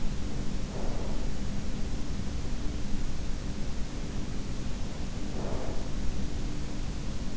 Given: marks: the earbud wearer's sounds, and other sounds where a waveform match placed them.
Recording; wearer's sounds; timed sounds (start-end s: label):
sounds in sleep by an in-ear microphone; breath
0.05-1.61 s: breath
4.05-7.37 s: breath